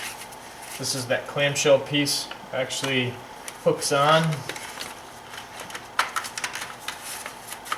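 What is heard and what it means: Someone talks while handling a plastic clamshell cover piece on the valve cover area of a BMW 3 or 5 Series N51/N52 engine, hooking it on during reassembly. Sharp taps and rubbing sounds come through, with a louder tap at about 6.0 s. Nothing has seated or clicked into place yet.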